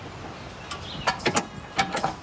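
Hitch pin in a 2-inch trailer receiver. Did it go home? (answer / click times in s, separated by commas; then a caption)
no / none. A quick-release hitch pin is handled at a 2-inch trailer receiver with a carrier bar, giving a series of short, sharp metallic ratchet-like taps from about 0.7 s to 2.0 s. Nothing has seated or locked yet by the end of the clip.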